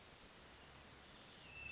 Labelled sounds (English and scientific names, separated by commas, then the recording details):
Hermit Thrush (Catharus guttatus)
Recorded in Sonoma County, California